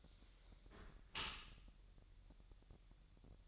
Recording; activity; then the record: daily activity, microphone in the room; close dishwasher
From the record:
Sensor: 3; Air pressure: 1000.5 hPa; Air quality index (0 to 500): 248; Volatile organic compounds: 173 ppm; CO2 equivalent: 4117 ppm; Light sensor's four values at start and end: 11/25/10/10 and 11/25/10/10